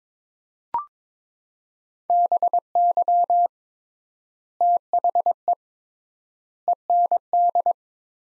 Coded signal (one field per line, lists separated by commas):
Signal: Morse code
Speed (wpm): 22 wpm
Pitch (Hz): 700 Hz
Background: none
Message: BY THE END